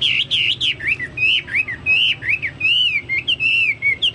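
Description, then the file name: Chinese hwamei song: a continuous run of loud, clear whistled notes sweeping up and down in a rich varied phrase. "hwamei-2-omkicau"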